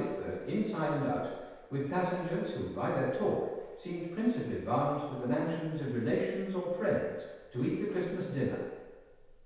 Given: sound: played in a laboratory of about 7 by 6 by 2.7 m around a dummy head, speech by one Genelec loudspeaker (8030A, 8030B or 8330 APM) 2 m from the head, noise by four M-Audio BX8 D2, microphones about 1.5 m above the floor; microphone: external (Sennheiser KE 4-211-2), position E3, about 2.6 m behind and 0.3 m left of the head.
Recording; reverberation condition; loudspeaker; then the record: male speech in English; high; 90 degrees to the right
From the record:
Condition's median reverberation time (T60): about 1300 ms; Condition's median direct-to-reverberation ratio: about -4.0 dB